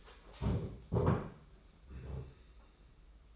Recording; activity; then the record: daily activity, microphone in the room; stand up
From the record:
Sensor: 1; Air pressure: 991.7 hPa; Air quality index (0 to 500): 154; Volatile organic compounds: 1000 ppm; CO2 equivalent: 5725 ppm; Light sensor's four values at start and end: 30/103/40/40 and 30/100/39/39